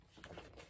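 The flap of a stuffed Balenciaga Hourglass XS handbag is closed onto its magnetic snap. A sharp click is heard at 0.2 s, followed by softer rustling. The magnetic snap closes and holds the flap shut.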